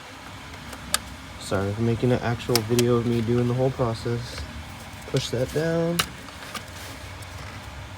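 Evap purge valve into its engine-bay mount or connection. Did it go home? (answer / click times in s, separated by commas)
no / none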